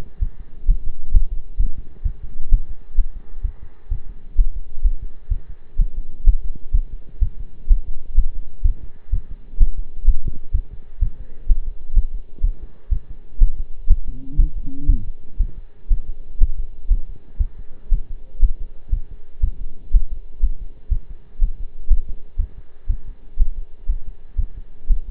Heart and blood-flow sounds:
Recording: heart sounds by stethoscope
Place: between the tricuspid and mitral areas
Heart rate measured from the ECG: 124 bpm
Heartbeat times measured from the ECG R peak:
0.21 s: heartbeat
0.68 s: heartbeat
1.14 s: heartbeat
1.59 s: heartbeat
2.05 s: heartbeat
2.52 s: heartbeat
2.98 s: heartbeat
3.44 s: heartbeat
3.91 s: heartbeat
4.38 s: heartbeat
4.84 s: heartbeat
5.31 s: heartbeat
5.79 s: heartbeat
6.27 s: heartbeat
6.74 s: heartbeat
7.22 s: heartbeat
7.70 s: heartbeat
8.17 s: heartbeat
8.65 s: heartbeat
9.13 s: heartbeat
9.60 s: heartbeat
10.07 s: heartbeat
10.54 s: heartbeat
11.02 s: heartbeat
11.49 s: heartbeat
11.96 s: heartbeat
12.43 s: heartbeat
12.91 s: heartbeat
13.41 s: heartbeat
13.90 s: heartbeat
14.38 s: heartbeat
14.89 s: heartbeat
15.39 s: heartbeat
15.90 s: heartbeat
16.40 s: heartbeat
16.91 s: heartbeat
17.39 s: heartbeat
17.91 s: heartbeat
18.42 s: heartbeat
18.92 s: heartbeat
19.43 s: heartbeat
19.93 s: heartbeat
20.42 s: heartbeat
20.91 s: heartbeat
21.41 s: heartbeat
21.90 s: heartbeat
22.38 s: heartbeat
22.89 s: heartbeat
23.39 s: heartbeat
23.89 s: heartbeat
24.38 s: heartbeat
24.89 s: heartbeat
From the record:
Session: pedaling a stationary bicycle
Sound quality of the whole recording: partially saturated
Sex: male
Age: 23 years

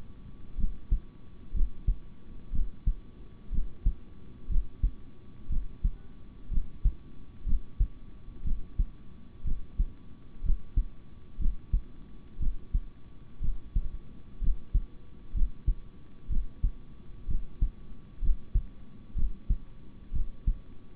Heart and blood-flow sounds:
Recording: heart sounds by stethoscope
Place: between the tricuspid and mitral areas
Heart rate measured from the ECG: 61 bpm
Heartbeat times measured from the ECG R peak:
0.57 s: heartbeat
1.53 s: heartbeat
2.51 s: heartbeat
3.51 s: heartbeat
4.48 s: heartbeat
5.49 s: heartbeat
6.50 s: heartbeat
7.45 s: heartbeat
8.43 s: heartbeat
9.44 s: heartbeat
10.42 s: heartbeat
11.38 s: heartbeat
12.39 s: heartbeat
13.40 s: heartbeat
14.40 s: heartbeat
15.33 s: heartbeat
16.29 s: heartbeat
17.27 s: heartbeat
18.21 s: heartbeat
19.15 s: heartbeat
20.12 s: heartbeat
From the record:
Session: rest, sitting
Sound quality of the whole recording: good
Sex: male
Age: 26 years

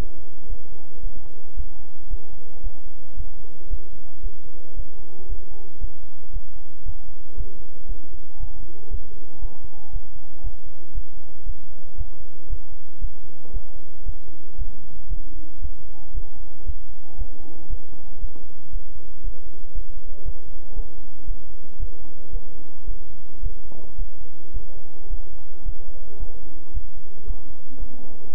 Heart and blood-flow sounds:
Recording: heart sounds by stethoscope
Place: between the tricuspid and mitral areas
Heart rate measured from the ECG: 114 bpm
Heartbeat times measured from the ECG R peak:
0.47 s: heartbeat
1.01 s: heartbeat
1.55 s: heartbeat
2.08 s: heartbeat
2.62 s: heartbeat
3.15 s: heartbeat
3.68 s: heartbeat
4.21 s: heartbeat
4.75 s: heartbeat
5.27 s: heartbeat
5.79 s: heartbeat
6.31 s: heartbeat
6.84 s: heartbeat
7.35 s: heartbeat
7.87 s: heartbeat
8.38 s: heartbeat
8.89 s: heartbeat
9.40 s: heartbeat
9.91 s: heartbeat
10.42 s: heartbeat
10.93 s: heartbeat
11.44 s: heartbeat
11.96 s: heartbeat
12.48 s: heartbeat
12.99 s: heartbeat
13.52 s: heartbeat
14.04 s: heartbeat
14.56 s: heartbeat
15.08 s: heartbeat
15.60 s: heartbeat
16.12 s: heartbeat
16.64 s: heartbeat
17.16 s: heartbeat
17.68 s: heartbeat
18.19 s: heartbeat
18.71 s: heartbeat
19.22 s: heartbeat
19.73 s: heartbeat
20.23 s: heartbeat
20.74 s: heartbeat
21.25 s: heartbeat
21.78 s: heartbeat
22.30 s: heartbeat
22.85 s: heartbeat
23.41 s: heartbeat
23.96 s: heartbeat
24.52 s: heartbeat
25.08 s: heartbeat
25.63 s: heartbeat
26.18 s: heartbeat
26.72 s: heartbeat
27.25 s: heartbeat
27.78 s: heartbeat
28.30 s: heartbeat
From the record:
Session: bicycle stress test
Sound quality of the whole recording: good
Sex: male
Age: 26 years

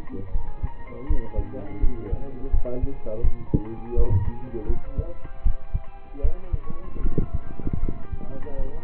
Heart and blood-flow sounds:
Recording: heart sounds by stethoscope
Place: between the tricuspid and mitral areas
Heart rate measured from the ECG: 80 bpm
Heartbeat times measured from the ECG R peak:
0.31 s: heartbeat
1.06 s: heartbeat
1.80 s: heartbeat
2.50 s: heartbeat
3.21 s: heartbeat
3.94 s: heartbeat
4.66 s: heartbeat
5.42 s: heartbeat
6.21 s: heartbeat
7.01 s: heartbeat
7.80 s: heartbeat
8.55 s: heartbeat
From the record:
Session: rest, lying down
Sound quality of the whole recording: partially saturated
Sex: male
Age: 27 years

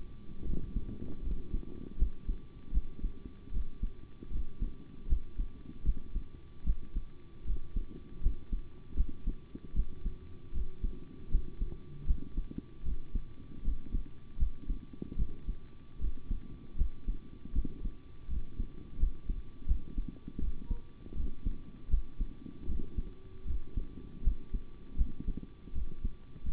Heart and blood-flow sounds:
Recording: heart sounds by stethoscope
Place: between the tricuspid and mitral areas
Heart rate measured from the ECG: 78 bpm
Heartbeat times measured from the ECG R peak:
0.45 s: heartbeat
1.22 s: heartbeat
1.97 s: heartbeat
2.72 s: heartbeat
3.51 s: heartbeat
4.30 s: heartbeat
5.07 s: heartbeat
5.84 s: heartbeat
6.64 s: heartbeat
7.45 s: heartbeat
8.21 s: heartbeat
8.95 s: heartbeat
9.74 s: heartbeat
10.52 s: heartbeat
11.29 s: heartbeat
12.05 s: heartbeat
12.83 s: heartbeat
13.62 s: heartbeat
14.37 s: heartbeat
15.17 s: heartbeat
15.99 s: heartbeat
16.76 s: heartbeat
17.53 s: heartbeat
18.28 s: heartbeat
18.98 s: heartbeat
19.66 s: heartbeat
20.39 s: heartbeat
21.15 s: heartbeat
21.89 s: heartbeat
22.66 s: heartbeat
23.45 s: heartbeat
24.22 s: heartbeat
24.96 s: heartbeat
25.73 s: heartbeat
26.43 s: heartbeat
From the record:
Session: rest, sitting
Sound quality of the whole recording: good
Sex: male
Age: 25 years

